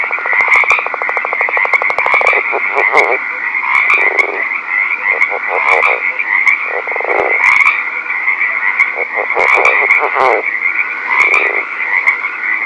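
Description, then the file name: Northern leopard frog calls: rapid rattling pulse trains and short grunting bursts, overlapping repeatedly over a steady high-pitched whine throughout. Recorded at night. "rpipiens night"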